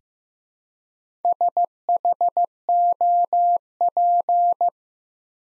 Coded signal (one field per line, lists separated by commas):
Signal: Morse code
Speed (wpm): 15 wpm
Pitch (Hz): 700 Hz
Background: none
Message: SHOP